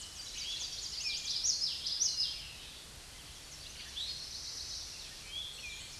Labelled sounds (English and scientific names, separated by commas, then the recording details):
Common Yellowthroat (Geothlypis trichas) song
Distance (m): 20 m
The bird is about 5 m above the microphone
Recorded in a Pennsylvania forest on 16 May 2024 at 07:18
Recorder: AudioMoth, point MSD-1342
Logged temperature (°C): 15.5 °C
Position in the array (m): 240 m, 170 m